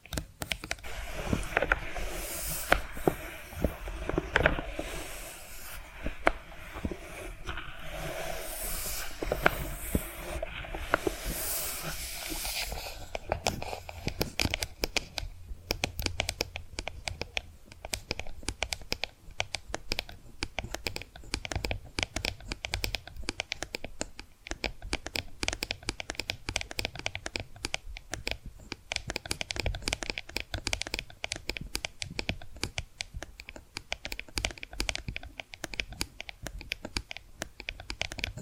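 Tapping and scratching sounds fill the recording. For the first thirteen seconds, denser, brighter scratching dominates with some bursts. After that it gives way to a steady stream of quick, light taps and clicks, much like typing, continuing evenly to the end.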